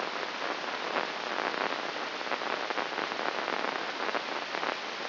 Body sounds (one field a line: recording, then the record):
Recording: brain microelectrode recording played as sound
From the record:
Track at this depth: inside the subthalamic nucleus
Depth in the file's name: 5.001 mm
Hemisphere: right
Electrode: 2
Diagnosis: Parkinson's disease